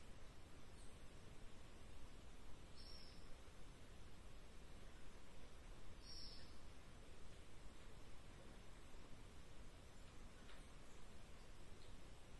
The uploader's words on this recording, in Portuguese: Mata Atlântica-Floresta Tropical-Atlantic Forest-Tropical Forest. FLORESTAS TROPICAIS DE ALTURA (NUBLADAS).